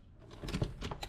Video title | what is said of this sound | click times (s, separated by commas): Mil 19. Storm Door Installation Dec 16, 2025 | and it locks in place. | 0.5 s, 1.0 s